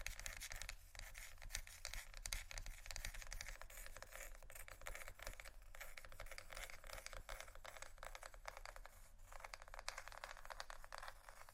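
Scratchy tapping runs without a break for the whole twelve seconds, a dense stream of quick, rough strokes and clicks with a bright, gritty edge. The pace stays busy and fairly even, with a few sharper hits near the start and just past nine seconds, over a constant low hum.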